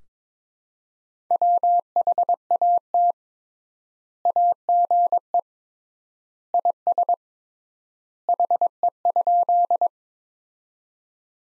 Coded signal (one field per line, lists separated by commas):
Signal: Morse code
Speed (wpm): 22 wpm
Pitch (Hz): 700 Hz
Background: none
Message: WHAT AGE IS HE?